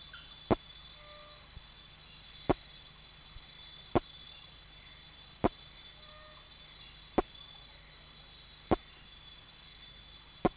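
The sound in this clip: Nesobia mjobergi calls: single sharp high clicks roughly every one and a half to two seconds, set over a continuous shrill background drone.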